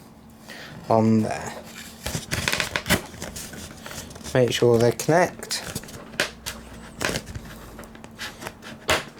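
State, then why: Seated. While the tail half of an RC model airframe is refitted onto a carbon rod, someone talks and the plastic servo lead connectors are pushed together into their mating plug, with scattered handling knocks and taps along the way. A sharp click at 8.9 s shows the connectors have locked and are fully joined and seated.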